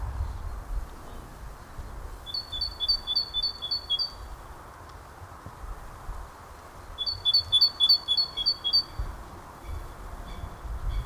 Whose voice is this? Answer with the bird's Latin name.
Parus major